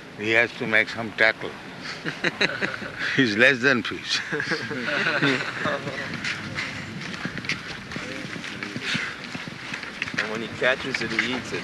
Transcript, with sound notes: He has to make some tackle. He is less than fish. [laughter]
And when he catches it, he eats it.